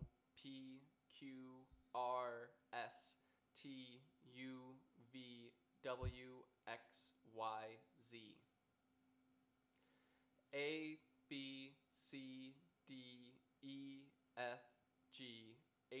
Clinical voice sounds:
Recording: letters of the alphabet, spoken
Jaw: free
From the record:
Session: first day, before the bite bar

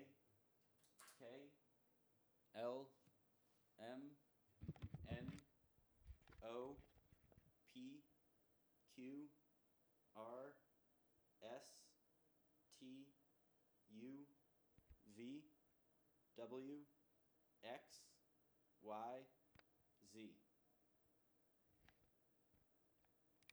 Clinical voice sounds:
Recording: letters of the alphabet, spoken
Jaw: free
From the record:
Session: first day, before the bite bar

